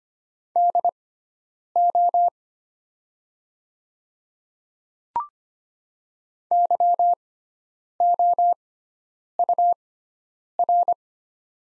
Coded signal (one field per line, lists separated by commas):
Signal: Morse code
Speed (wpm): 25 wpm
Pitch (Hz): 700 Hz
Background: none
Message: DO YOUR